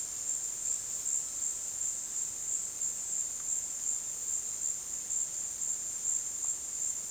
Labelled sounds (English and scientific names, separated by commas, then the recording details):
none
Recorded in dense forest near Puerto Asís, Putumayo, Colombia, on 20 February 2024 at 17:00
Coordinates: 0.466, -76.327
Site G6413